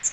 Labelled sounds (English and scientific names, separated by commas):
Magnolia Warbler (Setophaga magnolia) flight call